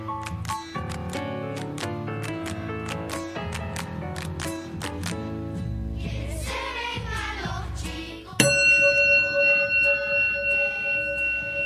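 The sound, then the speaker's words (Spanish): A school recess bell starts ringing abruptly after several seconds of rhythmic, plucky music, sounding as a loud, steady, high-pitched tone that holds unbroken until the end. “Estamos haciendo sonar el timbre del recreo.”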